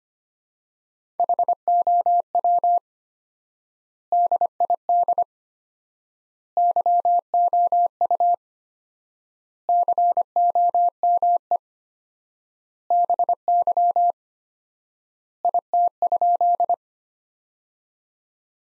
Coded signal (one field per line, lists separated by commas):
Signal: Morse code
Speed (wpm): 25 wpm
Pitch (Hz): 700 Hz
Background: none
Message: HOW DID YOU COME BY IT?